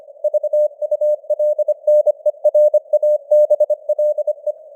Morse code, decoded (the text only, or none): VULNERABLE